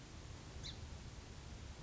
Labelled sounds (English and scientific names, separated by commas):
Song Sparrow (Melospiza melodia)